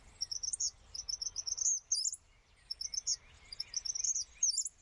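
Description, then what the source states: Chipmunk chip trill: two bursts of rapid, high chipping notes with a pause between them. Chip trill given when one chipmunk tells another to back off; decreases in volume as it continues.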